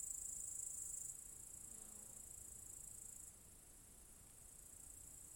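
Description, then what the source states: Cicada song as a shrill, unbroken high buzz that drops in loudness after about one second and again near three seconds. Several cicadas in an apple tree orchard at Zalensų Sodybos, Lithuania, recorded 23 August 2015.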